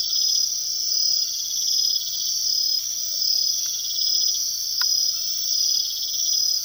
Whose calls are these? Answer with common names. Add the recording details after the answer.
none. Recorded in secondary vegetation near Puerto Asís, Putumayo, Colombia, on 19 February 2024 at 03:00. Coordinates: 0.500, -76.326. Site G6428